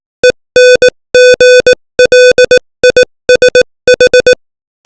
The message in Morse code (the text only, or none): ENGLISH